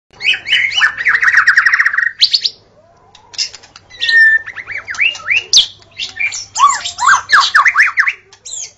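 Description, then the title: White-rumped shama song mixing a long rasping churr, a rising whistle, and rapid scratchy upslurred notes after a brief silence; a steady low hum runs underneath. Wild song from forest. "Kicau Asli Murai Batu Hutan"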